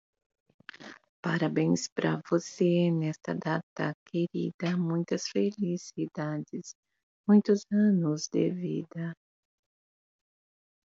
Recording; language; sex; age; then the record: short text; Brazilian Portuguese; female; 40 to 49 years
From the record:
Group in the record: control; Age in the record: 45 years